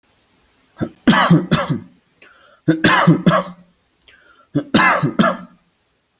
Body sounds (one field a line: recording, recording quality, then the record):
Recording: heavy voluntary cough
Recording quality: excellent, no background noise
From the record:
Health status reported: healthy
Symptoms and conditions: none ticked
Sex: male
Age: 22 years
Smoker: not ticked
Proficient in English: yes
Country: India